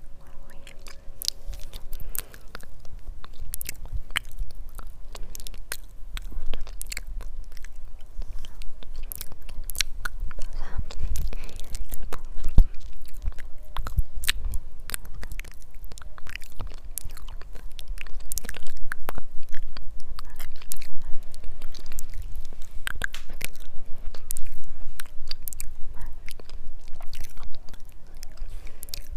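Quiet mouth sounds fill the recording: wet clicks, smacks and soft crunchy bites land in quick, uneven bursts through all 29 seconds. A low, steady hum sits underneath, and a faint tone lingers for the first two seconds. No clear words come through.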